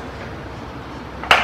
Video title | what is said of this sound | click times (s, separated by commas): Tsmine Funclean Mop Bucket With Wringer For Household Cleaing | gonna snap it right in till you hear the snap | 1.3 s